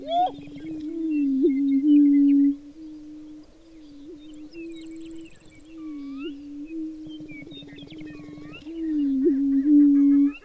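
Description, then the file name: Prairie chicken booming: continuous low hooting moans on a steady pitch from several birds, louder at start and end, with scattered high chirps and whistles from other birds. Booming chorus of several birds. "Walsh Chicken Boom Chorus"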